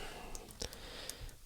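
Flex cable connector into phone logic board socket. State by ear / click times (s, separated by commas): seated / 0.6 s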